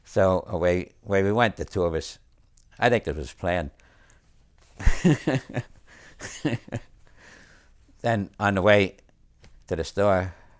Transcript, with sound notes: So away we went, the two of us. I think it was planned (he laughs) Then on the way to the store,